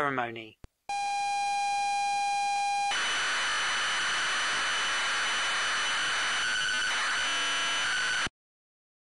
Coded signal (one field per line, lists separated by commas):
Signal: ZX Spectrum tape loading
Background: speech